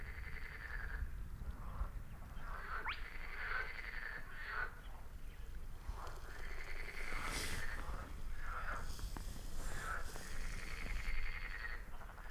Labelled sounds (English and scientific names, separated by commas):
Spotted Crake (Porzana porzana)